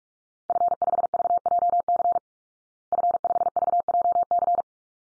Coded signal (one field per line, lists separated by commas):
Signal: Morse code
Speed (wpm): 44 wpm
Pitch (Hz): 700 Hz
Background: none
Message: F5VJC F5VJC